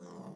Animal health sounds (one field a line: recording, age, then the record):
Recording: pig call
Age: piglet (1 to 25 days)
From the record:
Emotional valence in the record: negative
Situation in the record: long isolation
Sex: male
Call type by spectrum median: low-frequency call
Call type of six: low-frequency modulated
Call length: 0.36 s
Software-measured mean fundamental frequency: 77 Hz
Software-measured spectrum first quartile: 202 Hz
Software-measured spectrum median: 390 Hz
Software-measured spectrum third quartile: 836 Hz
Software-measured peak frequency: 186 Hz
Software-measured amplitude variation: 119 dB a second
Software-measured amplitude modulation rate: 26.6 a second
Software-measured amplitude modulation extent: 4.5 dB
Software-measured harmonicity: 2.1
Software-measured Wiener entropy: -0.13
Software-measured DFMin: 1076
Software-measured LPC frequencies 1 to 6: 387, 1003, 3304, 5513, 6069, 7059 Hz